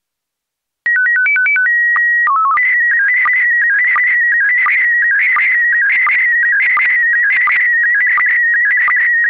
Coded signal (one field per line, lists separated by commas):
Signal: SSTV (slow-scan television)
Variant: PD 90